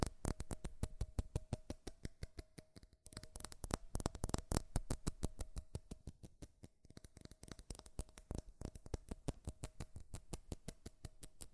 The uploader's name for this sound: FAST & FURIOUS TAPPING Metal Sounds